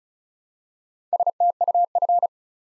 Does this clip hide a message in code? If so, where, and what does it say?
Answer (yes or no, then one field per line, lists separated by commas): yes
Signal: Morse code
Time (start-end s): 1.1-2.3 s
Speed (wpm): 36 wpm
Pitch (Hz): 700 Hz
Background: none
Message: STUF